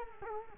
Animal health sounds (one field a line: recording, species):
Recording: mosquito wingbeat signal from an infrared sensor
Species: Culex quinquefasciatus